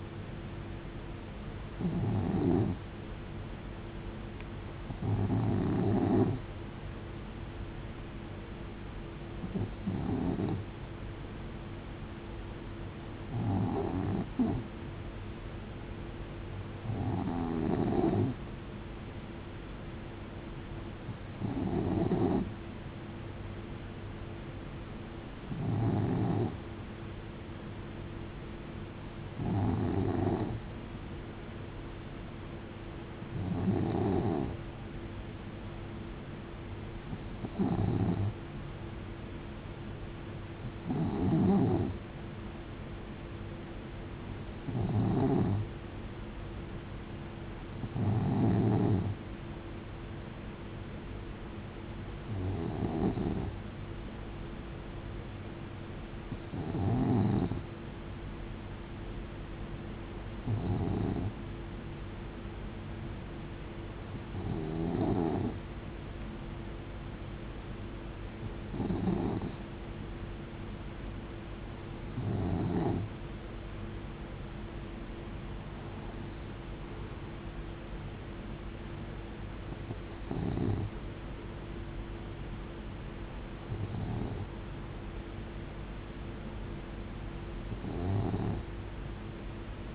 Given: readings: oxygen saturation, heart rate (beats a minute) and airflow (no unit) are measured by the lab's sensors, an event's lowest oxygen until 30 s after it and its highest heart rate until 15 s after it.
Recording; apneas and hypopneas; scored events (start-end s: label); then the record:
breathing in sleep by a voice recorder at the bedside; none
none scored
From the record:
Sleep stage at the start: N2 (light sleep); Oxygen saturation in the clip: 91 to 92%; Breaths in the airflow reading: 22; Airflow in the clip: -7.9 to 6.6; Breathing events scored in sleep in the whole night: 389 in 6.3 hours asleep